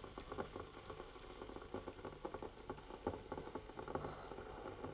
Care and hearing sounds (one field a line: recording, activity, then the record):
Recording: daily activity, microphone in the room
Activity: make coffee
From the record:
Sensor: 4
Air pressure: 995.8 hPa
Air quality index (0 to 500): 67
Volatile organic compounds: 2 ppm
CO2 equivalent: 1216 ppm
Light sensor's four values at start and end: 10/24/9/9 and 10/24/9/9